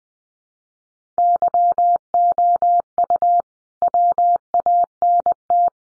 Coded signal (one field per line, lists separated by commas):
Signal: Morse code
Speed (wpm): 20 wpm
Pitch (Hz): 700 Hz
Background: none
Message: YOU WANT